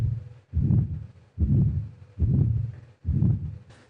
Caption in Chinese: 小儿心脏杂音。 它是在 我们两个心音当中，就痛特当中，你听到个呜呜呜，这是很不正常的啊。 先天心脏病它往往在里面会有一些畸形，比如说狭窄或者是 有一个孔或者是瓣膜断裂产生的这样一些声音。